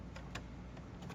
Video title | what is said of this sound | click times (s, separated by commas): How to remove the 3rd brake light on a 2019-2024 BMW 33i (DIY Guide) | kind of jiggle it. It'll snap into place like that. | 0.4 s